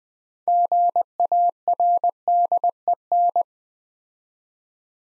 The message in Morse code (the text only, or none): GARDEN